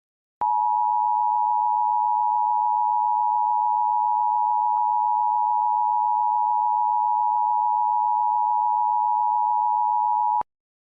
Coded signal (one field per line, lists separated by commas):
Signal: Emergency Alert System (SAME) tones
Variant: 853 and 960 Hz attention tone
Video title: EAS Short Scenario 62 : Beyond Disaster